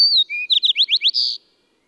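Bird song in one phrase: a high descending whistle, a lower flat whistle, several quick rising slurred notes, then a buzzy closing note.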